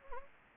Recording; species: mosquito wingbeat signal from an infrared sensor; Anopheles gambiae